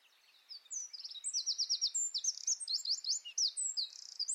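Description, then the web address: Bird calls in a busy stream of high, thin chirps and rapid twittering notes, continuing almost without a break. "Deverinetal 2025 File origin Bird Only"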